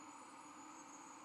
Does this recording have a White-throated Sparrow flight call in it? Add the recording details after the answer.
no. No flight call is heard. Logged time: 00:53 on 1 November 2014